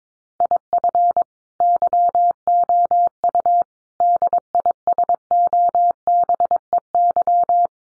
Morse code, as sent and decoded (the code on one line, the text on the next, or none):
.. ..-. / -.-- --- ..- / -.. .. ... --- -... . -.--
IF YOU DISOBEY